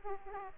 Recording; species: mosquito wingbeat signal from an infrared sensor; Aedes aegypti